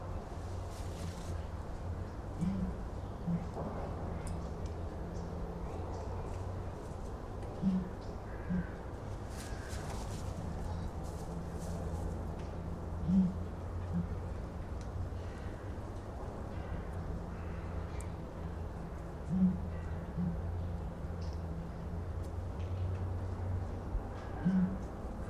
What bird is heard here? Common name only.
Southern Ground Hornbill